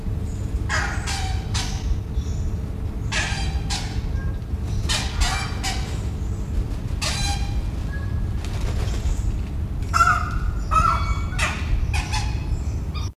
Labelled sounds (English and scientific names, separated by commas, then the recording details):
Blue-winged Kookaburra (Dacelo leachii) call
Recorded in captivity
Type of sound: call
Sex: pair
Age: adult
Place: Wilhelma Stuttgart, Baden-Württemberg, DE
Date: 1969-10-08
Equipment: Halbspur, 9,5 cm/s
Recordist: Lütgens, Hans
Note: Abenddämmerung